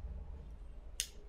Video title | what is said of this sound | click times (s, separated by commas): Unboxing Nikon 5100 | vez se oye el clic la cámara está quedó armada y no hay ningún | 1.0 s